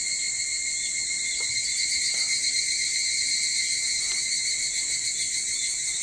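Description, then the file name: Evening cicadas in a dense chorus, a steady shrill ringing in several high bands with faint pulsing, continuous throughout, a few soft clicks underneath. Recorded 22 July 2023 at 04:40. "higurashi 230722 0440"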